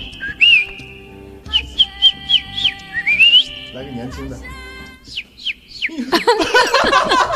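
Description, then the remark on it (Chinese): A person whistles in quick, high-pitched chirps and trills that mimic a young bird, a series of short rising and falling tweets, ending in a burst of rapid warbling. “来个年轻的，啊，这个是小鸟， 年轻的 是。”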